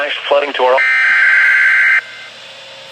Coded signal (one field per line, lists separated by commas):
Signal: Emergency Alert System (SAME) tones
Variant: header bursts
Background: speech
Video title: Server Thunderstorm Warning (EAS #68)